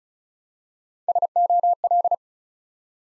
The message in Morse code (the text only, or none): SOL